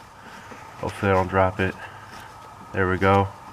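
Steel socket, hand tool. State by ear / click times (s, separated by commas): not seated / none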